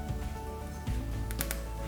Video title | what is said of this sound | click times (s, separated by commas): Construisez la Lotus Renault 97T d'Ayrton Senna 1/8 @SpotTVAltaya 15/20 | se clipse et de l'autre côté | 1.3 s, 1.4 s, 1.5 s